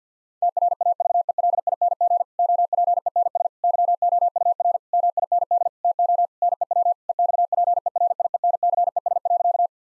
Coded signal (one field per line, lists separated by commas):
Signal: Morse code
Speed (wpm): 50 wpm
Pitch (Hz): 700 Hz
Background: none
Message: TRAVELING OPENS YOUR MIND TO NEW EXPERIENCES.